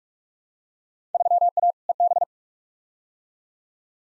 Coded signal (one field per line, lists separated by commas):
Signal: Morse code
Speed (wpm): 42 wpm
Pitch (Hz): 700 Hz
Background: none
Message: 3A EB